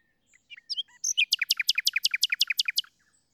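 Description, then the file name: Common nightingale song phrase: a few varied introductory notes, then a fast, even series of many loud repeated notes. "Luscinia megarhynchos"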